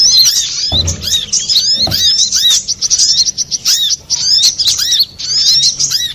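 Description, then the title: Little spiderhunter chattering song: quick high notes in busy bursts, broken by short pauses and two low thuds early on. Used to train cage birds; Indonesian name sogok ontong, labelled labaik. "Masteran Burung Sogok Ontong Labaik"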